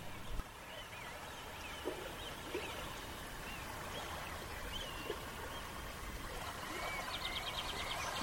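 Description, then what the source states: Eurasian oystercatcher piping: thin, wavering high calls scattered throughout, faint beneath a steady rushing wash of lapping waves. Oystercatchers piping on the foreshore at Arisaig, Scotland, with lapping waves.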